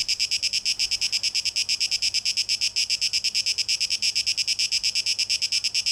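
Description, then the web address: Cicada song as a bright, rasping drone chopped into fast pulses, unchanging throughout. Cicada song; 12 August 2023; tape echo mix. "rauschpartikel Audio 2023-08-12 Zikaden (Tape Echo Mix)"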